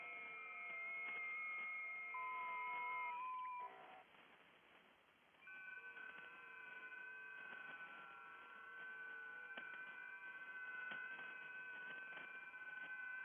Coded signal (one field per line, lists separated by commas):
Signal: FT8